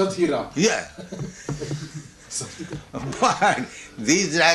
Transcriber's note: laughs